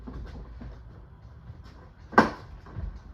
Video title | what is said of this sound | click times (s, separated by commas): SAMSUNG UN70NU6900F NO VIDEO FLASHING SCREEN FIX WITH PAINTER'S TAPE | push it forward snap | 2.2 s